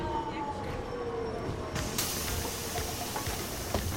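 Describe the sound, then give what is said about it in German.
Busy railway station ambience in Switzerland: a steady rumbling wash of noise with thin, high squealing tones and a sudden burst of hissing air partway through, faint murmur underneath. “Schweizer Bahnhof.”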